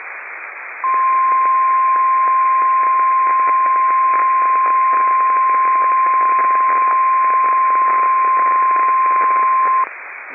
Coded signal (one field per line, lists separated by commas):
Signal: Emergency Alert System (SAME) tones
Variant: 1050 Hz attention tone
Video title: Required Weekly Test - 05/22/19 (EAS #90)